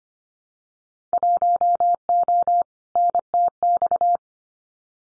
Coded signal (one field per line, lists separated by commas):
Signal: Morse code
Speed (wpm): 25 wpm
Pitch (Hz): 700 Hz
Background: none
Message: 1O NTX